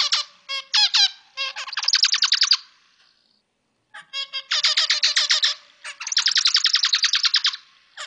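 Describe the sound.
Zebra finch song opening with a few separate upswept chirps, then fast buzzy repeated notes in dense bursts, a short silence, and two more buzzing runs.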